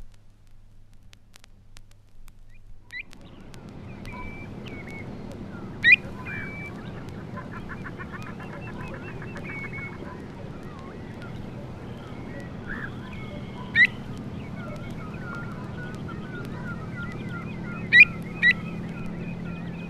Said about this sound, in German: Es folgen Warnlaute eines Säbelschnäblers unmittelbar an seinem bebrüteten Nest, dann der gewöhnliche Stimmfühlungsruf, der in diesem regelmäßigen Rhythmus vorgetragen, wohl die Funktion eines Warnlautes vor einem Nestfeind übernimmt.